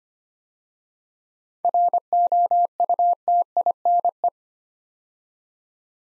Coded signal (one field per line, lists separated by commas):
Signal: Morse code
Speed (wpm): 25 wpm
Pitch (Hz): 700 Hz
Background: none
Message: ROUTINE